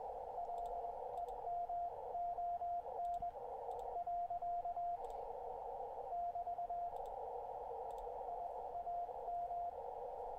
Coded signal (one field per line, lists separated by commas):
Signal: Morse code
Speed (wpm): 20 wpm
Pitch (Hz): 700 Hz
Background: radio noise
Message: LEMON . <BT> I AM